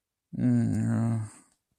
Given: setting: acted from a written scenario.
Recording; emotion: vocal sound without words; shame